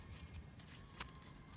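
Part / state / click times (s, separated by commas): plastic M adapter into a universal wiper blade mount / not seated / none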